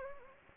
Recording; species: mosquito wingbeat signal from an infrared sensor; Anopheles gambiae